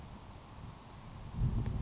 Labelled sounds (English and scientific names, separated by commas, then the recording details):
Grasshopper Sparrow (Ammodramus savannarum)
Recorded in Sonoma County, California